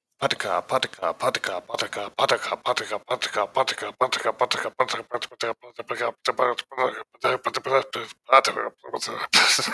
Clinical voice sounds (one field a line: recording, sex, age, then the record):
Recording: repeated syllables /pa ta ka/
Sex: male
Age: 30 to 39 years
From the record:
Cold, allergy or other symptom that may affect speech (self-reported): no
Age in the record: 31 years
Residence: Nebraska, United States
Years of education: 12